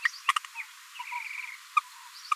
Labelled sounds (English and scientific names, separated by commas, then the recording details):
Green-rumped Parrotlet (Forpus passerinus) babbling
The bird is a female
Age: 22 days
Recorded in a nest box in Venezuela
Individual 17B73B3